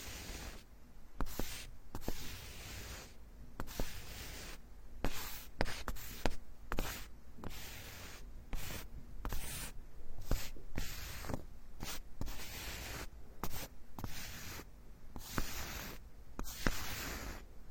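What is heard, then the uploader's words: Ear picking and ear massage sounds, made of dense bursts of scratchy, rustling noise that start and stop irregularly, several times a second. Short quieter gaps break up the bright scraping, with sharp clicks now and then and a faint low hum underneath. Tree Ear Picking Supreme Spa Ear Massage.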